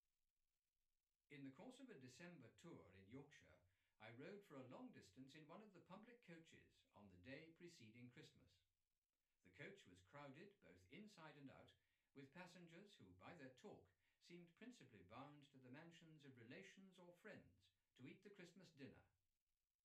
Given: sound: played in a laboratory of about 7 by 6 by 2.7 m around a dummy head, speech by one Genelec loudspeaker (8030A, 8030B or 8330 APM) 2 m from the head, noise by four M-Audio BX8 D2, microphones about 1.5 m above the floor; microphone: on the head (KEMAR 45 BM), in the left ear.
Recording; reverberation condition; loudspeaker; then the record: male speech in English; low; 150 degrees to the right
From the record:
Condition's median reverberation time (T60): about 310 ms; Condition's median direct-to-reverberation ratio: about 3.5 dB